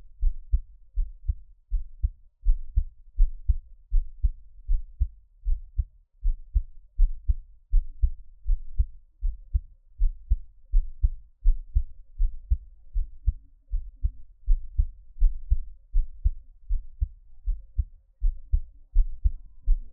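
Steady low thumping heartbeat at about 81 beats a minute, an adult's own heart heard up close.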